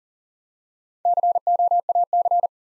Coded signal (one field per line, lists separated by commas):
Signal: Morse code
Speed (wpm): 38 wpm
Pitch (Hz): 700 Hz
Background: none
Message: COAC